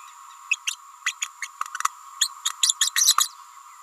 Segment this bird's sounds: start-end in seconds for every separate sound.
0.51-0.58, 0.67-0.76, 1.06-1.13, 1.21-1.27, 1.42-1.47, 2.20-2.30, 2.44-2.50, 2.63-2.74, 2.80-2.90, 2.95-3.16, 3.17-3.31